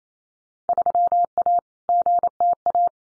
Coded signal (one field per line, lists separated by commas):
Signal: Morse code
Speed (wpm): 28 wpm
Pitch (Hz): 700 Hz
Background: none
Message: 3A GTA